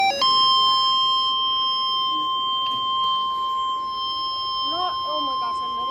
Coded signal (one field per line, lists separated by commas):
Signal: Emergency Alert System (SAME) tones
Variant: 1050 Hz attention tone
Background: speech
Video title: Another severe thunderstorm warning for Indiana (EAS #12)